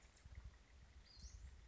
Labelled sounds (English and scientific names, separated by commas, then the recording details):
Western Flycatcher (Empidonax difficilis)
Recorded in Sonoma County, California